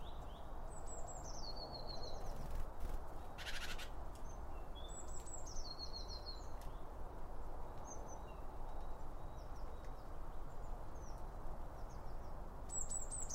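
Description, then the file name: Bird song of high falling phrases ending in trills near the start and end, scattered chirps between, a brief rustling burst, and low rumble throughout. Birds around a bird feeder, recorded with two Line Audio OM1 microphones. "Birds Around Birdfeeding With Two Om 1 From Line Audio"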